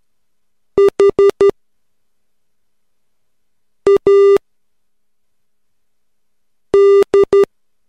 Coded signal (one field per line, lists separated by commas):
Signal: Morse code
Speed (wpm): 12 wpm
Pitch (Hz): 400 Hz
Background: none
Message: HAD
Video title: Morse Code Practice #3 - 3 WPM.wmv